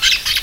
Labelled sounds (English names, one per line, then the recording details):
Brown-throated Parakeet contact call
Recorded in Venezuela
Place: Guárico; Corozopando; Fundo La Fe
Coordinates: 8.506, -67.593